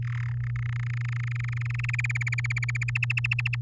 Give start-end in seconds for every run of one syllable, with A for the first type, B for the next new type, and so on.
0.02-0.35 A, 0.37-1.91 B, 1.93-2.90 C, 2.95-3.56 D